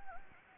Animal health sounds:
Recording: mosquito wingbeat signal from an infrared sensor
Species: Anopheles gambiae

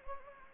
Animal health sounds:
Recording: mosquito wingbeat signal from an infrared sensor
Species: Anopheles gambiae

